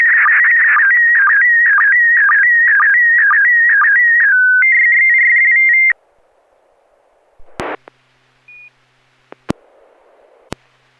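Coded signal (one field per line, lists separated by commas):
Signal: SSTV (slow-scan television)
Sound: warbling tone sweeping mid-high pitch, brief steady tone, fast two-note chirping, then silence and clicks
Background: radio squelch clicks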